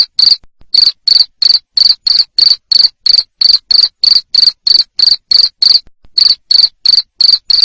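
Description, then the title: Cricket calling with sharp shrill chirps repeated quickly and evenly, around three each second, with a couple of short gaps. Loud cricket chirping used to stimulate lovebirds to sing continuously. "Suara JANGKRIK NGERIK Keras Bikin LOVEBIRD Jadi NGEKEK Terus Vubey"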